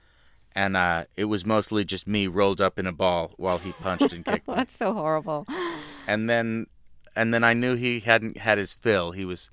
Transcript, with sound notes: and it was mostly just me rolled up in a ball while he punched and kicked me.
(SOUNDBITE OF LAUGHTER)
That's so horrible.
And then I knew he hadn't had his fill.